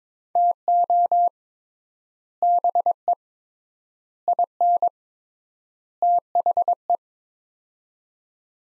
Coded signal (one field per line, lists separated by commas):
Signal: Morse code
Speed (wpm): 22 wpm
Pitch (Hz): 700 Hz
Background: none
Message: TO BE IN THE